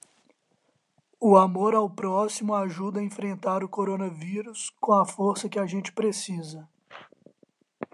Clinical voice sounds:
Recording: spoken sentence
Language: Brazilian Portuguese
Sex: male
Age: 30 to 39 years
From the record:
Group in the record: control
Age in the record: 36 years

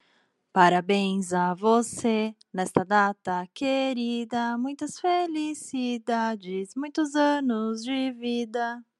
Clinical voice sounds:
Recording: short text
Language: Brazilian Portuguese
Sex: female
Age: 30 to 39 years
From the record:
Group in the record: control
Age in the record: 32 years

